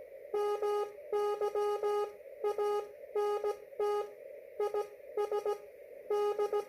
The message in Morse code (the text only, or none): MY ANT IS D